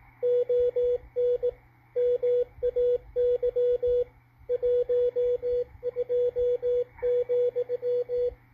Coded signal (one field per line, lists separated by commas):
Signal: Morse code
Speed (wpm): 18 wpm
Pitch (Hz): 490 Hz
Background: radio noise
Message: ON MAY 12,